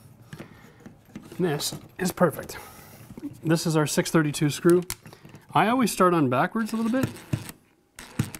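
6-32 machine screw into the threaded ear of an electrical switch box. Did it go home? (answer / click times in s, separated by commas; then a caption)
no / none. Someone talks while handling a 6-32 machine screw that holds a dimmer switch to the threaded ear of an electrical switch box, preparing to turn it backwards first until its thread drops into the hole with a click, to confirm the thread has set so the screw won't strip. A few brief sharp ticks sound under the speech and near the end. Nothing has seated or clicked yet.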